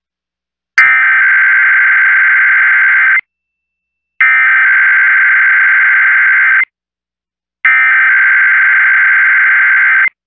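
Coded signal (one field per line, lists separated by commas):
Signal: Emergency Alert System (SAME) tones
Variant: header bursts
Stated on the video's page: Required Monthly Test carried on an FM radio station, paired with a WeatherSTAR 4000 weather display.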